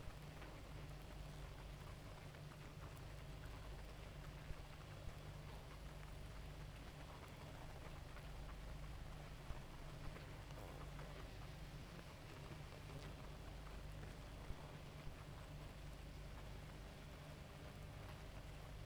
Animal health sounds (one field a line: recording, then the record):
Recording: honeybee colony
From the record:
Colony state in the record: active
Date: 28 July 2017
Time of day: 2:51